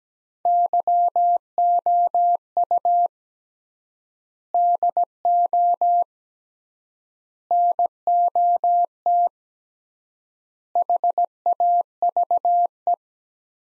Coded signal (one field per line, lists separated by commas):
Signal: Morse code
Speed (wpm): 17 wpm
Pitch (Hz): 700 Hz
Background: none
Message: YOU DO NOT HAVE